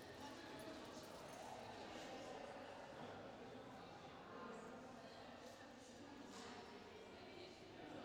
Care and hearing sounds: everyday scene through a hearing-aid microphone; reverberant space; background noise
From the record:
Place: railway station hall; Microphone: in the ear canal, left

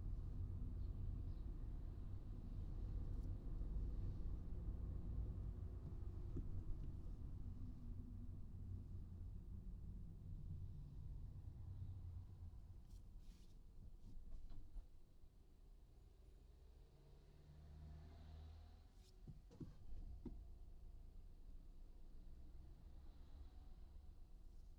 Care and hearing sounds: everyday scene through a hearing-aid microphone; in a vehicle; engine, traffic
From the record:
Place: Skoda Fabia, gasoline engine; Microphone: in the ear canal, right

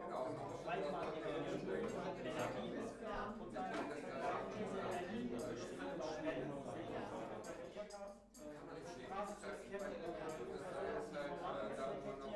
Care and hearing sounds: everyday scene through a hearing-aid microphone; many people talking; many voices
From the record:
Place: bistro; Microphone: behind the ear, right, rear

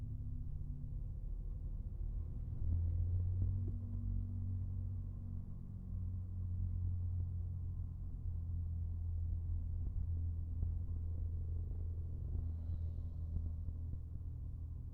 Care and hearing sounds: everyday scene through a hearing-aid microphone; in a vehicle; engine, rumble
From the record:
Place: Skoda Fabia, gasoline engine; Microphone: behind the ear, right, front

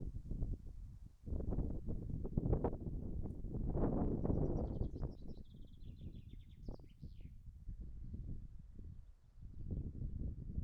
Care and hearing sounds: everyday scene through a hearing-aid microphone; wind on the microphone; wind, birds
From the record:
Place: in front of a rural house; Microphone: behind the ear, right, front

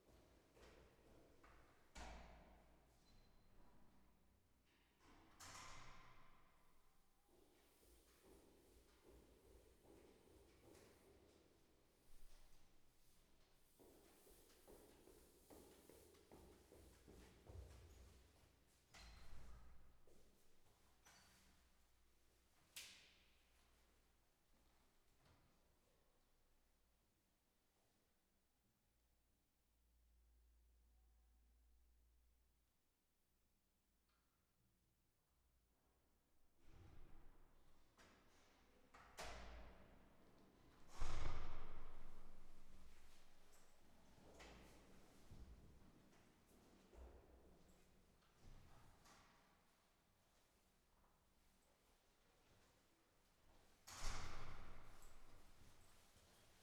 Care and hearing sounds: everyday scene through a hearing-aid microphone; reverberant space; background noise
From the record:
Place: staircase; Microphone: behind the ear, right, rear

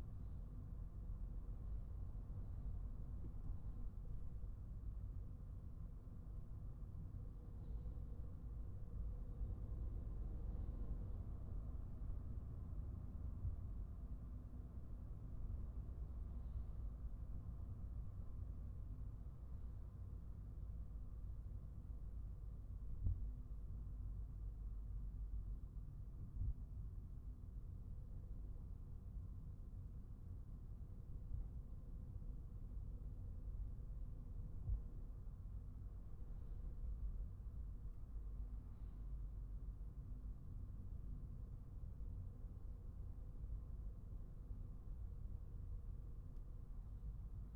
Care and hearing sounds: everyday scene through a hearing-aid microphone; in a vehicle; engine, traffic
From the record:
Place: Skoda Fabia, gasoline engine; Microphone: behind the ear, right, rear

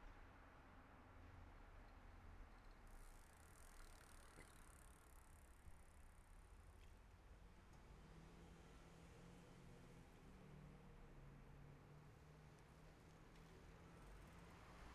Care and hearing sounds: everyday scene through a hearing-aid microphone; in traffic; traffic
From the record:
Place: city secondary road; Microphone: behind the ear, left, front

